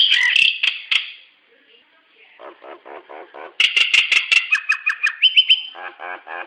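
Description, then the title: Hill myna calls: harsh shrieks, then a soft gurgling rattle, followed by a burst of loud chattering notes and a clear whistle. "Burung jalak nias"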